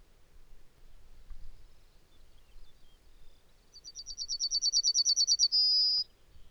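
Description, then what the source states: Yellowhammer singing a fast, strengthening series of high chipping notes that closes with a longer, sustained note. Nominate subspecies Emberiza citrinella citrinella.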